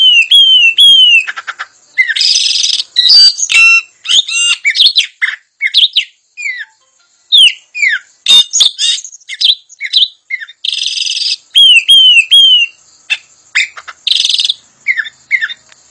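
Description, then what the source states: Puff-throated babbler singing continuously, with sweet falling whistles, buzzy rasps and rapid chirps in a long, varied, energetic stream. Song style described in Indonesian as gacor dor.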